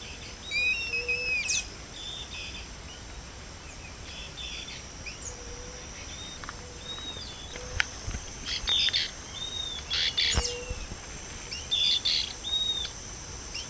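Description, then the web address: Bird calls: a series of short whistled notes, some arched and some level, scattered through the recording with busier chirping bursts later on, over constant hiss. "BIRD 2015 SABIOD 50 bird 2015"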